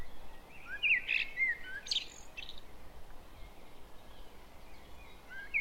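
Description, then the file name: Common blackbird giving short fluted phrases that break into high, thin twitters, then fade to quieter birdsong and steady background hiss. "Turdus merula"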